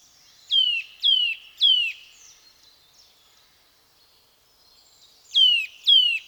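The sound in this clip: Eurasian nuthatch giving clear, high, downward-sliding calls: three in quick succession, a pause of several seconds, then two more.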